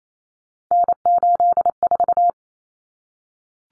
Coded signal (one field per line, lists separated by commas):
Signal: Morse code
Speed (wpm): 28 wpm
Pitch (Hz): 700 Hz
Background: none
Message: N84